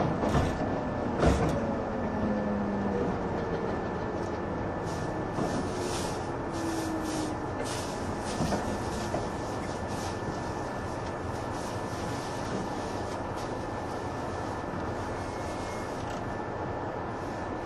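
Running sound of a 185-series Odoriko express train: a steady, dense rumble of wheels and motors that holds nearly unchanged for the whole stretch. A few sharp knocks come in the first seconds, with a thin, constant high whine above and brief gliding tones.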